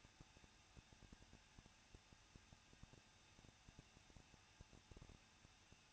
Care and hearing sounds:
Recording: daily activity, microphone in the room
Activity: no activity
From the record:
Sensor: 2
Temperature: 21.0 degrees Celsius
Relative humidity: 37.4%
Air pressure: 1006.2 hPa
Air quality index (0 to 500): 222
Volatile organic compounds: 24 ppm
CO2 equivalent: 2813 ppm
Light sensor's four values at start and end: 2/3/2/2 and 2/3/2/2

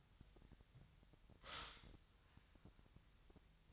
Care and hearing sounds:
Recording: daily activity, microphone in the room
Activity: stop toaster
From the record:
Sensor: 3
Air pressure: 1001.9 hPa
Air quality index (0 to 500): 245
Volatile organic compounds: 48 ppm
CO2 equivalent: 3274 ppm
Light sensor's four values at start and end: 13/40/17/15 and 13/40/17/15

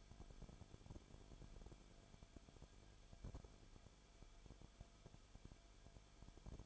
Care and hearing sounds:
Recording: daily activity, microphone in the room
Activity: no activity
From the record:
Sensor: 5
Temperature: 20.4 degrees Celsius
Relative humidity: 39.8%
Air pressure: 1010.8 hPa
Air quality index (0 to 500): 166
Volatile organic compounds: 15 ppm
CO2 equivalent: 2506 ppm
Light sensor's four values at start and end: 2/3/1/1 and 2/3/1/1

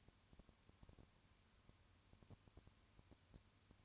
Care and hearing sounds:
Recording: daily activity, microphone in the room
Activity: no activity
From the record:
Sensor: 2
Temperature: 20.3 degrees Celsius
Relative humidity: 35.6%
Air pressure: 1000.9 hPa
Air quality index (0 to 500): 196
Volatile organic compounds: 5 ppm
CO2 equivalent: 1729 ppm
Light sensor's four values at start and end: 2/3/2/2 and 2/3/2/2

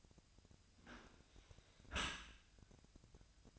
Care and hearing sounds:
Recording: daily activity, microphone in the room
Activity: close dishwasher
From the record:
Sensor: 2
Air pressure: 1002.9 hPa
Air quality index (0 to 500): 197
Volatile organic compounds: 6 ppm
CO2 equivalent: 1875 ppm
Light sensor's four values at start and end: 14/34/14/16 and 14/34/14/16

